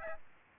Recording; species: mosquito wingbeat signal from an infrared sensor; Aedes aegypti